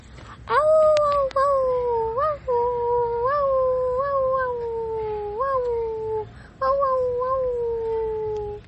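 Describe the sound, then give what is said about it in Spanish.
A human voice imitates a she-wolf howling: long, sustained, mid-pitched wails with wavering scoops in pitch, delivered in three drawn-out stretches with brief breaks between. “Ruido de la loba.”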